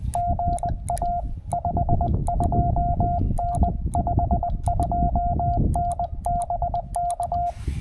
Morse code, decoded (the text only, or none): GA 52N 52N BK